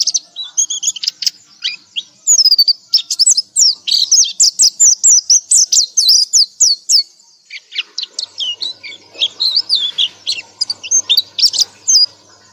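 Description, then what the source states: Nightingale singing a dense stream of fast, upward-flicking whistled notes that grows softer and more scattered in the second half, with a faint low hum late on. Masteran recording, made for bird keepers to play to their birds so they learn to sing melodiously.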